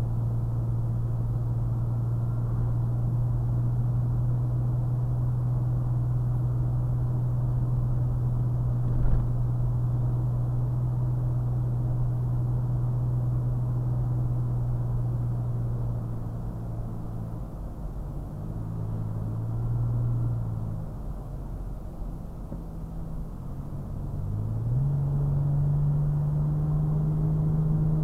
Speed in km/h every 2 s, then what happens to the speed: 56, 61, 61, 63, 61, 63, 58, 60, 56, 56, 52, 52, 56, 58.
0-5 speeds up to 63. 5-10 steady at about 63. 10-22 slows to 52. 22-28 speeds up to 58.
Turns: none.